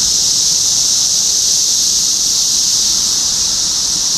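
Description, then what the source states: Cicadas singing in chorus, a steady, unbroken high buzzing drone that holds evenly at one loudness throughout. Several cicadas recorded in Topeka, Kansas, on 14 June 2015.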